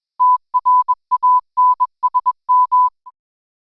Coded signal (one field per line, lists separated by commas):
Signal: Morse code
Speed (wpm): 21 wpm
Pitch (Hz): 1000 Hz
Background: none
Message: TRANSM